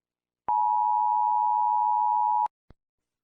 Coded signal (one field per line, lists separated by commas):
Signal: Emergency Alert System (SAME) tones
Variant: 853 and 960 Hz attention tone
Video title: EAS alarm that sound the same !￼￼